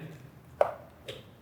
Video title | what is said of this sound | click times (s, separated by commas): PNOE Device Operations Manual VIdeo - Full - May21 | and you'll know it's well seated you'll feel a nice solid click | 0.6 s